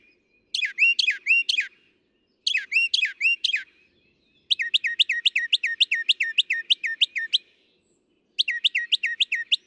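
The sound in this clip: Northern mockingbird song: bursts of rapidly repeated, sharp chirping notes, each phrase of several similar syllables, separated by short pauses.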